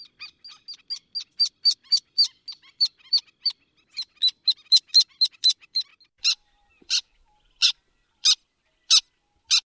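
Black tern calls: a rapid run of sharp, high ticking notes, about four per second, giving way to louder, harsh kek notes spaced under a second apart.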